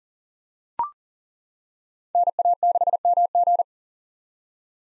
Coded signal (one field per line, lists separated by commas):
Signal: Morse code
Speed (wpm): 40 wpm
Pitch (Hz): 700 Hz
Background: none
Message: NA6MG